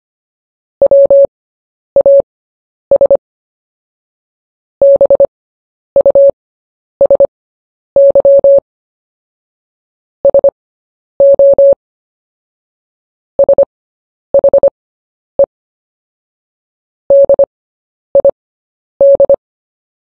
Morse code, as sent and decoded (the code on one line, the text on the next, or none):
.-- .- ... / -... ..- ... -.-- / ... --- / ... .... . / -.. .. -..
WAS BUSY SO SHE DID